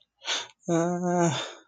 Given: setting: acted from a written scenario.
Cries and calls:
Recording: vocal sound without words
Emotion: embarrassment

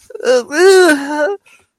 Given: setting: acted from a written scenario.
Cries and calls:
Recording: vocal sound without words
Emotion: fear

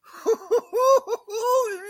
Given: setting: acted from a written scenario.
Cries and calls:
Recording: vocal sound without words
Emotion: triumph

